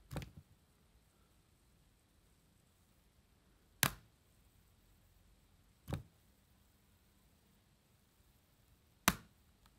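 The convertible display panel of a Microsoft Surface Laptop Studio is moved between stage mode and laptop mode and held by strong magnets. Sharp, satisfying clicks at 3.8 s and 9.1 s mark it snapping onto its magnetic rest position, with softer taps near the start and around 5.9 s. The display is seated firmly in place each time.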